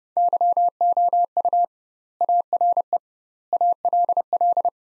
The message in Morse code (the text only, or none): YOU ARE ALL